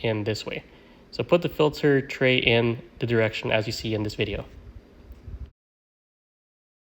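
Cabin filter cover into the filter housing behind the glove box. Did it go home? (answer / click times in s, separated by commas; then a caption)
no / none. With the filter tray inserted in a 2016–2022 Toyota Prius, the plastic cabin filter cover is handled and lined up with the two notches on the left side of the filter housing behind the glove box. Someone talks until about 5.5 seconds, followed by silence, with no hits heard. The cover has not snapped into place yet.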